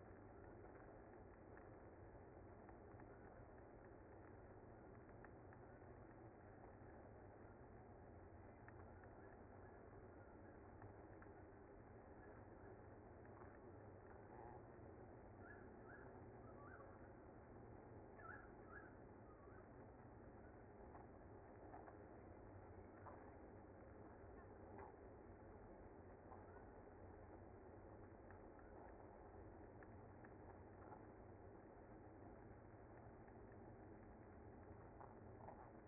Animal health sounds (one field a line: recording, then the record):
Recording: honeybee colony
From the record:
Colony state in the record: active